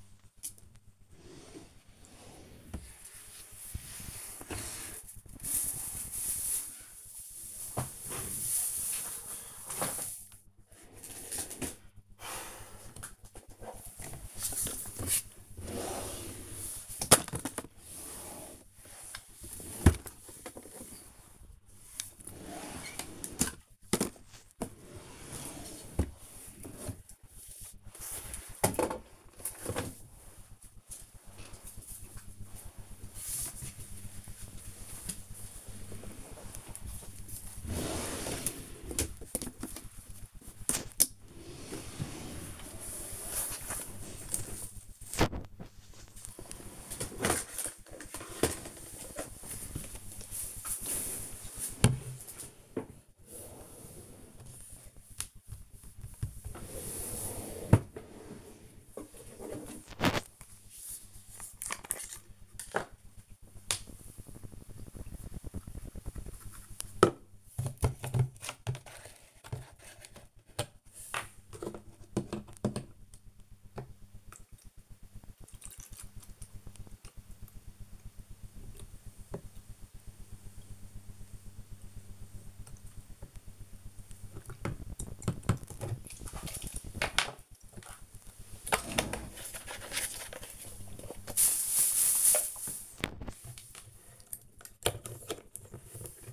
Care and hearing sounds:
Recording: household activities, microphone on the right wrist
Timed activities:
0.00-96.33 s: tidy up the cupboard

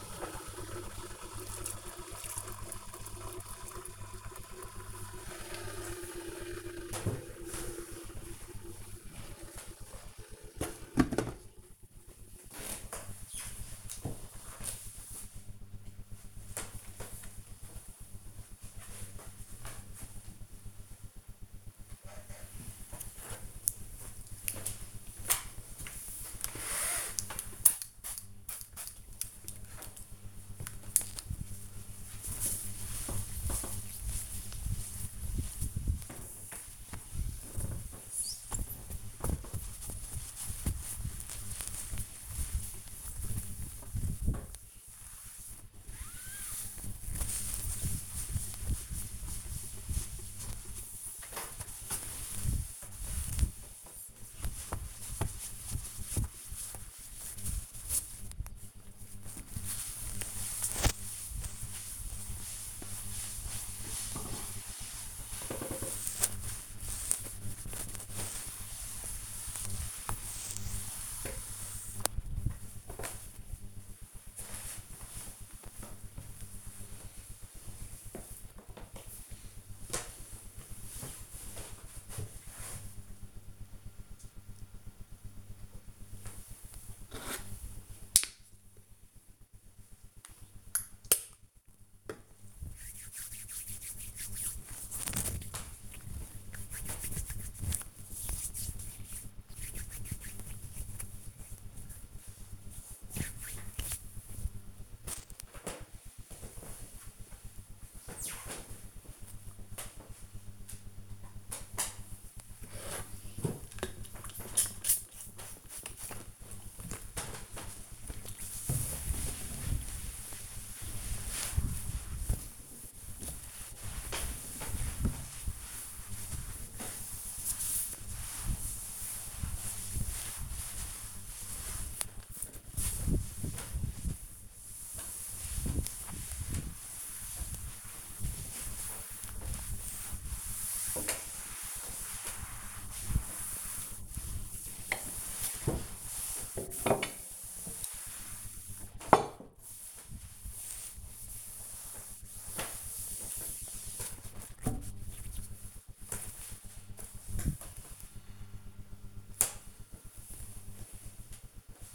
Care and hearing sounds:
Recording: household activities, microphone on the right wrist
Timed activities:
0.00-11.25 s: making tea
21.34-71.65 s: window cleaning
84.72-102.80 s: disinfecting hands
110.87-154.22 s: cleaning table

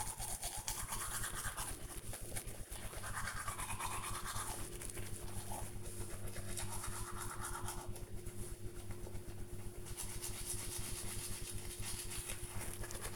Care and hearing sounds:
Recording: household activities, microphone on the right wrist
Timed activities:
0.00-13.16 s: brushing teeth

